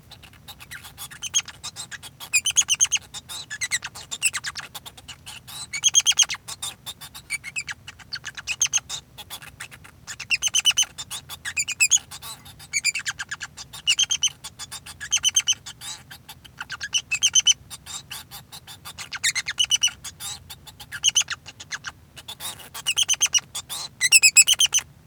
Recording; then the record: song of a male Bengalese finch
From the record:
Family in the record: son of father 2